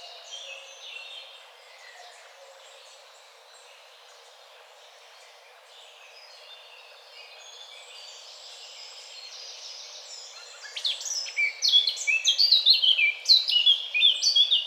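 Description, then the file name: Eurasian blackcap song: soft twitters for about ten seconds, then a loud, rapid burst of varied warbled notes at the end. "Sylvia atricapilla"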